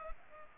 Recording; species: mosquito wingbeat signal from an infrared sensor; Culex pipiens